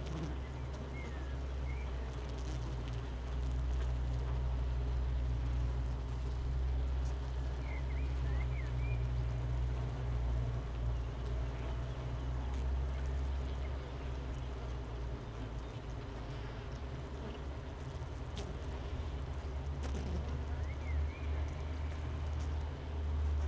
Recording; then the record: honeybee colony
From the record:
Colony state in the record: missing queen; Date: 31 May 2018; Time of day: 7:59